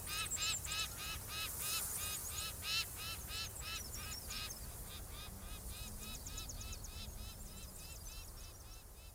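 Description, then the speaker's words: Peregrine Falcon calls: a harsh, rapid, regularly repeated cacking, about three calls a second, loud at first and then fading, over steady background noise. Very noisy when with young; the young call all the time and make a tremendous racket; birds are visible and not secretive; an island bird of prey. "So if you hear the call of peregrine, look out for them."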